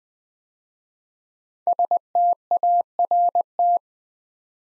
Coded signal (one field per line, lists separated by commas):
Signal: Morse code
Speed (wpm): 20 wpm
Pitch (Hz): 700 Hz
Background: none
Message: START